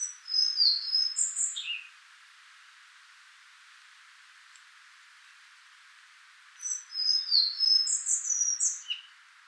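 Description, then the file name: Collared flycatcher singing two short phrases of thin, high whistles and sliding squeaky notes, separated by roughly four and a half seconds of quiet. "Ficedula albicollis"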